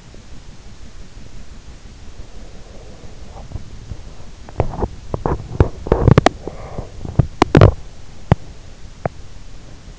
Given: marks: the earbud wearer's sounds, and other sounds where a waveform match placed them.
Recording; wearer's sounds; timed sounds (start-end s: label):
sounds in sleep by an in-ear microphone; teeth grinding, breath
0.00-0.41 s: teeth grinding
0.96-1.54 s: teeth grinding
2.13-4.61 s: breath
3.32-9.20 s: teeth grinding